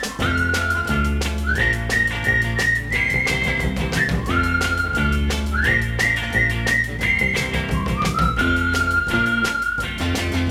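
A bright whistled call, a signal worked out between friends to call each other, repeats a short rising-and-falling phrase several times, carried over a steady, rhythmic musical backing with a strong beat and no voices.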